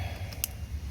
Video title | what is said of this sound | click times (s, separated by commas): VW New Beetle How to Replace the Side Marker Light. | click this in | 0.3 s, 0.4 s